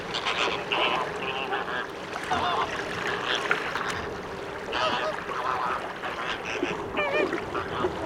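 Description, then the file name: American flamingos honking and gabbling in a busy flock, short nasal calls overlapping irregularly, with a few sharper wavering notes standing out near the end. "Utrennie golosa - Krasnyj flamingo"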